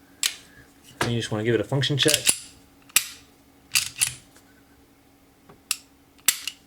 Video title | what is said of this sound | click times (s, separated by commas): Kahr MK9 Elite 03 Review | make sure it's seated pull back to line it back up Clicks in place | 0.3 s